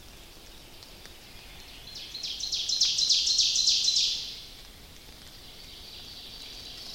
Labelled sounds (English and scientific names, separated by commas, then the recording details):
Ovenbird (Seiurus aurocapilla) song
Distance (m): 40 m
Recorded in boreal forest in Alberta, Canada, on 29 May 2016 at 06:51
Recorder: SongMeter 3, array SBT-3-49
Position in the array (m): 73 m, 257 m
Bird 14